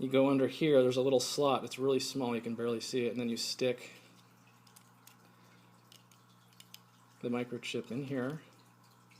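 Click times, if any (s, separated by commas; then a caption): none. A tiny micro memory card is pushed toward the small slot under the back of a Hubsan X4 toy drone's camera. Someone talks, then faint, sharp handling ticks sound in the quiet between about 4.7 and 6.7 seconds before the talking resumes. Nothing has seated or clicked yet.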